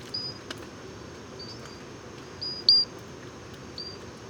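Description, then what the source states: Pinchon's robber frog giving thin, high, clear notes, one much louder than the rest. Moscou, heights of Gourbeyre, Guadeloupe, edge of national park, 736 m altitude, 10 November 2018; constant rain; Basse-Terre forests only; sings also by day; crystal-like insect-like note.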